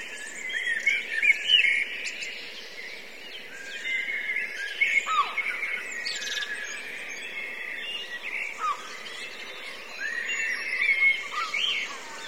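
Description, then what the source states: Blackbirds chorusing nonstop, squeaky whistles and harsh buzzes layered over each other, louder clusters of chirps at the start and again near the end. Several blackbirds; recorded from a line-in input, with buffer overruns.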